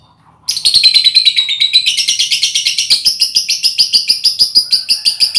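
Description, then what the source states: Lovebird in continuous rapid chatter, a steady stream of fast, harsh, high-pitched pulsing notes running without pause for about five seconds. Lovebird ngekek song, used as a lure song (kicau pancingan).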